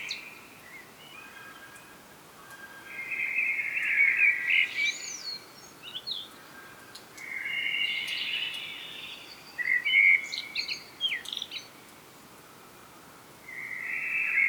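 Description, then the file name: Common blackbird song phrases, mellow warbling followed by sharp high twitters, three bursts with short gaps, steady hiss underneath. "Turdus merula"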